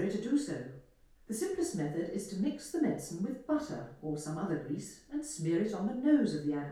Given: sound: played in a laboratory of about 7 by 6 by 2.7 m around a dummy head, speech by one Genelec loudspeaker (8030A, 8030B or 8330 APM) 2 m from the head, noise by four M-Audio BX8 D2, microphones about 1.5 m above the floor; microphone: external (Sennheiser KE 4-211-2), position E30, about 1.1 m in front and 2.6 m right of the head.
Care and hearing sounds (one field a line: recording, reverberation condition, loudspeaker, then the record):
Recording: female speech in English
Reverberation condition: medium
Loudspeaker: 60 degrees to the left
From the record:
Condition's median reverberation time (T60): about 510 ms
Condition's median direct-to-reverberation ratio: about -0.5 dB